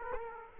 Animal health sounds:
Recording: mosquito wingbeat signal from an infrared sensor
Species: Aedes aegypti

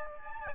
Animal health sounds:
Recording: mosquito wingbeat signal from an infrared sensor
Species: Aedes albopictus

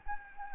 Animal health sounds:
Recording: mosquito wingbeat signal from an infrared sensor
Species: Anopheles gambiae

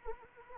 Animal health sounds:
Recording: mosquito wingbeat signal from an infrared sensor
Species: Anopheles arabiensis

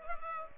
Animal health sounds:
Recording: mosquito wingbeat signal from an infrared sensor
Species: Culex pipiens

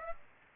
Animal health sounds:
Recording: mosquito wingbeat signal from an infrared sensor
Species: Aedes aegypti

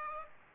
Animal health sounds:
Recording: mosquito wingbeat signal from an infrared sensor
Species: Aedes aegypti

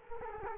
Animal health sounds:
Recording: mosquito wingbeat signal from an infrared sensor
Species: Culex quinquefasciatus

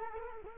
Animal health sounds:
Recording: mosquito wingbeat signal from an infrared sensor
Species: Culex quinquefasciatus

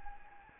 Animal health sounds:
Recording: mosquito wingbeat signal from an infrared sensor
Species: Anopheles gambiae

